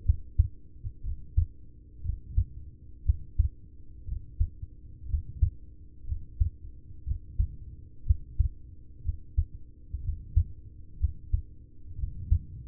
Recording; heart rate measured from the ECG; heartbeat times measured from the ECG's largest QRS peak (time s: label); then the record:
heart sounds by stethoscope; 60 bpm
0.02 s: heartbeat
1.01 s: heartbeat
2.01 s: heartbeat
3.02 s: heartbeat
4.04 s: heartbeat
5.06 s: heartbeat
6.04 s: heartbeat
7.03 s: heartbeat
8.03 s: heartbeat
9.01 s: heartbeat
10.00 s: heartbeat
10.97 s: heartbeat
11.95 s: heartbeat
From the record:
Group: heart failure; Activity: rest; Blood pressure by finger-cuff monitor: 85/46 mmHg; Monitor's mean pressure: 60 mmHg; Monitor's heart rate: 61 bpm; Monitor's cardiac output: 5.5 L/min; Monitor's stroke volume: 91 mL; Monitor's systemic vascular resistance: 760 dyn s/cm5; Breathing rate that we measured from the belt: 24 breaths a minute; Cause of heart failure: ischemic heart disease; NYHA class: 1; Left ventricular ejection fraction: 33%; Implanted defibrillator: present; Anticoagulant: apixaban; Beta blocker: carvedilol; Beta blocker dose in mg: 18.75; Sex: male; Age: 39 years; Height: 168 cm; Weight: 72 kg